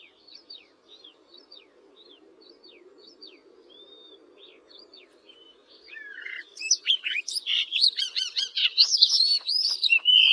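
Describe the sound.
Barred warbler song: faint scattered chirps for six seconds, then a loud rapid chattering, scratchy warble with mixed whistled and buzzy notes.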